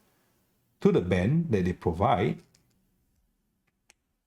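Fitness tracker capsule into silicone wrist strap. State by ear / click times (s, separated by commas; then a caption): seated / 3.9 s. A fitness tracker capsule is pushed into the holder of its silicone wrist strap while someone talks. After the speech stops, a single short, sharp click at 3.9 s marks the capsule seating in the strap.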